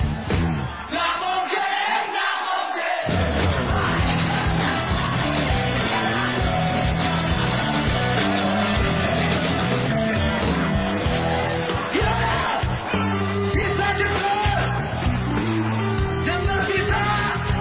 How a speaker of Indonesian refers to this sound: Tapi kalau gua bertanya sesuatu yang kalian pikir gak mungkin, semua yang ada di floor ini berteriak seperti ini.